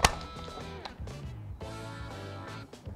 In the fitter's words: kunci kalo maua mantep udah terkunci kita